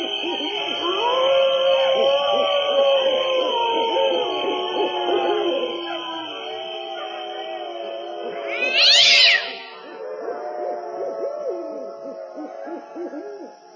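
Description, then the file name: Cat giving long wavering meow-like cries, mixed with low hoot-like notes, a steady high drone early on and a brief loud burst midway. "gato"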